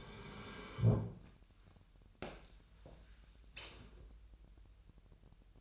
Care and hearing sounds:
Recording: daily activity, microphone in the room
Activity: sit down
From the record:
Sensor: 2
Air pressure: 1001.8 hPa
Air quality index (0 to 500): 237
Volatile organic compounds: 68 ppm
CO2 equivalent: 3504 ppm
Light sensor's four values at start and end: 7/15/6/7 and 8/20/8/9

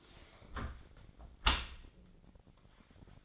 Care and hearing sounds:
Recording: daily activity, microphone in the room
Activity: close dishwasher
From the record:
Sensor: 5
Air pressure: 1012.4 hPa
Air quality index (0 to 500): 163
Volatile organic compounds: 2 ppm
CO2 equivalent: 1107 ppm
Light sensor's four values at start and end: 127/304/130/144 and 127/303/129/144

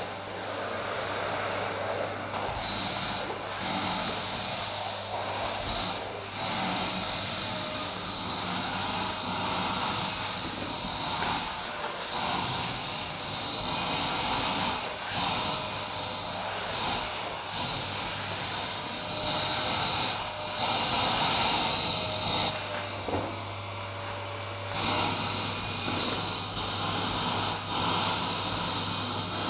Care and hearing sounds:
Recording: daily activity, microphone in the room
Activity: vacuum cleaning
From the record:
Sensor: 2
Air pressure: 991.7 hPa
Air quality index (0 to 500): 203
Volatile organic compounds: 1000 ppm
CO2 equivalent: 6707 ppm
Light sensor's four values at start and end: 24/77/30/28 and 25/80/31/29

